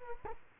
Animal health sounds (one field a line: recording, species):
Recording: mosquito wingbeat signal from an infrared sensor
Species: Culex quinquefasciatus